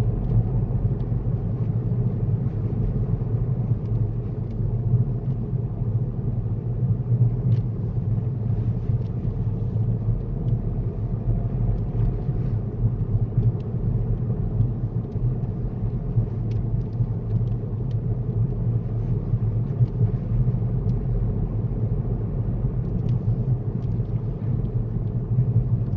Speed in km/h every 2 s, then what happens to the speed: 27, 26, 24, 21, 23, 26, 26, 24, 23, 24, 26, 26, 23.
0-6 slows to 21. 6-26 steady at about 24.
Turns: none.